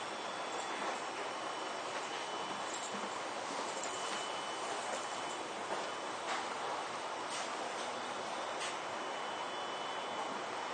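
A Toei 10-300 series train running between Shinjuku and Takaosanguchi, heard as a steady, dense rushing roar with little low rumble. A faint thin whine holds throughout, and brief brighter clicks and squeaks come every second or two, with sharper ones near six and eight seconds.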